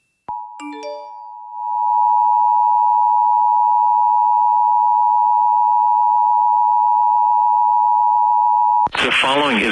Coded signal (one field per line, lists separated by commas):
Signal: Emergency Alert System (SAME) tones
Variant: 853 and 960 Hz attention tone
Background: speech, music